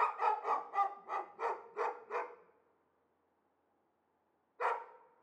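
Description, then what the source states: Dog barking in a rapid run of about seven sharp barks, then a pause and one more loud bark. Two or possibly three unseen dogs, apparently caged, excite each other at the slightest outside noise; Chamonix-Mont-Blanc, Auvergne-Rhône-Alpes, France; continuous rush of the Arveyron river in the distance.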